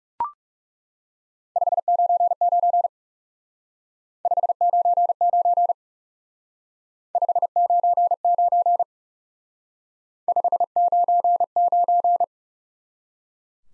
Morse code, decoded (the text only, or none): 599 599 599 599